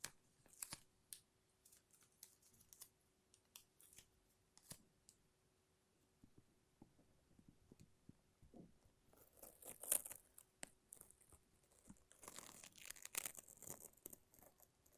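Sticky tape and a lint roller make sharp, crackly peeling sounds. Sparse clicks and short rips fill the first eight seconds, then denser, brighter tearing bursts crowd around nine to ten and twelve to fourteen seconds. A faint steady hum runs underneath.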